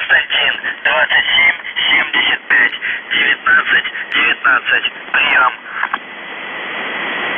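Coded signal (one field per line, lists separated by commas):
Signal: numbers station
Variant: UVB-76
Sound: a voice speaking short words over a radio channel, then steady static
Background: radio static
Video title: The Buzzer/UVB-76(4625Khz) July 7, 2021 12:40UTC Voice message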